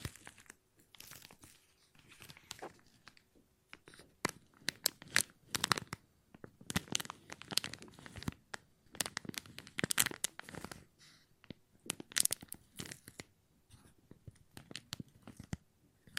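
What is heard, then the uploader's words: Plastic is crinkled and crushed in bursts of sharp, bright crackles that run through the whole stretch. The rustling comes in uneven clusters, busiest around five to seven and ten to thirteen seconds, with brief near-silent gaps between handlings. ASMR Plastic Crinkle No Talking.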